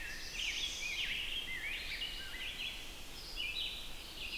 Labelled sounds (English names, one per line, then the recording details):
Red-eyed Vireo song
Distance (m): 40 m
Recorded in boreal forest in Alberta, Canada, on 20 June 2016 at 05:06
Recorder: SongMeter 3, array SBT-6-81
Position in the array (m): 120 m, 126 m